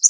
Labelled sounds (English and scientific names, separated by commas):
Connecticut Warbler (Oporornis agilis) flight call